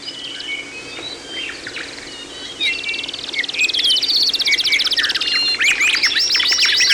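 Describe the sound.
Bird chorus: soft scattered chirps at first, then from about three seconds many birds sing together in a dense mix of rapid trills, buzzy rattles and high whistled notes.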